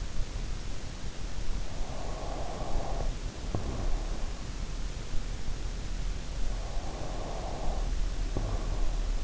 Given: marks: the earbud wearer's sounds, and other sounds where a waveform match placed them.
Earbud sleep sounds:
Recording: sounds in sleep by an in-ear microphone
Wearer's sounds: breath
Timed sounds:
1.65-4.62 s: breath
6.46-9.24 s: breath

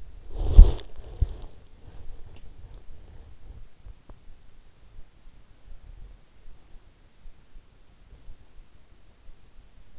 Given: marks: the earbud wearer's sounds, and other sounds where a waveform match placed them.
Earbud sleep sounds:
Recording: sounds in sleep by an in-ear microphone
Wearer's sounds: body movement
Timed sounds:
0.00-1.84 s: body movement

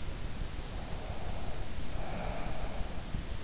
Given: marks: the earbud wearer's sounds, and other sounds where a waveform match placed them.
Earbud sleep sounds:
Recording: sounds in sleep by an in-ear microphone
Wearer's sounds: breath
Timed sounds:
0.57-3.34 s: breath

